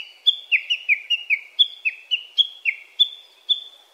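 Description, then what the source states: Japanese bush warbler repeating crisp, down-slurred notes about three per second in a clean, quiet setting. Recorded at Daigenji Plateau, Niigata Prefecture, Japan.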